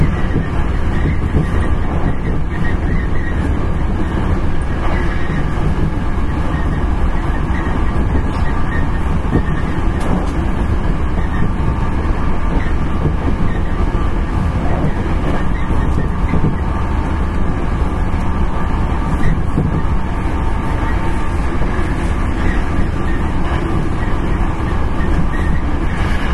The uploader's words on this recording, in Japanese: 阪急電鉄 9300系電車の走行音です。京都線の特急列車にて収録しました。From Kawaramachi (Kyoto) to Umeda (Osaka)。